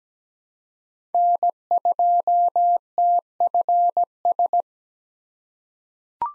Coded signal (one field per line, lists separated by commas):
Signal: Morse code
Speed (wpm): 17 wpm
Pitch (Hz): 700 Hz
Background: none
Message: N2TFS